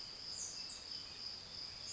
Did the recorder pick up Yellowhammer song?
no